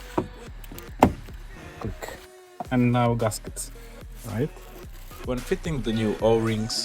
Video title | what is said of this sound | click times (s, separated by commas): Škoda Superb MK2 Oil & Filters Service - No One Disagreed This Time | housing. And I should hear a click. Click. | 1.0 s